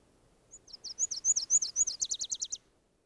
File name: Nashville Warbler - Leiothlypis ruficapilla